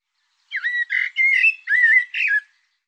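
Bird song: one steady phrase of five warbled, slurred notes lasting about two seconds, with clean silence before and after.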